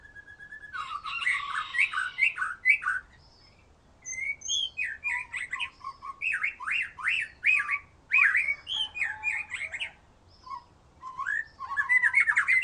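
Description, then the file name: White-rumped shama song: a rich, fast run of varied whistles, slurred rising and falling notes and harsh chattering phrases, broken by short pauses. "murai batu"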